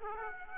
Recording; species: mosquito wingbeat signal from an infrared sensor; Aedes aegypti